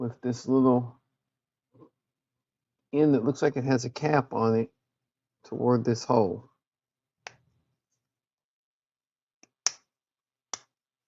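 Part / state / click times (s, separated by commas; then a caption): small capped-end plastic piece into a hole in the model's leg / seated / 9.7 s. Someone talks while a small plastic piece is pushed, capped end first, into a hole in the leg of a Fanhome scale R2-D2 model. A sharp, solid snap is heard at 9.7 s, with a few softer ticks around it. The piece snaps in and is seated.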